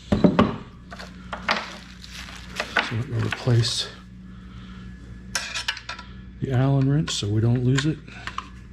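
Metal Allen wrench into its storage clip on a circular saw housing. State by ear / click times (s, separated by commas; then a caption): not seated / none. A metal Allen wrench is handled beside its storage slot and retaining clip on the housing of a SCANS S721-1 cordless circular saw, being put back so it won't get lost. Sharp metallic taps and knocks come through while someone talks. Nothing has seated or clicked yet.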